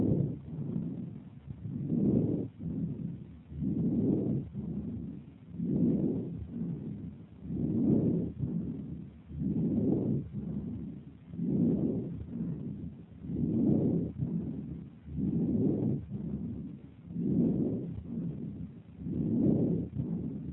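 Regular, fairly harsh breath sounds with fine crackling: bronchovesicular breathing with characteristic crepitation over the right chest, over the area corresponding to the upper lobe of the right lung, in an adult with a primary tuberculous complex in that lobe.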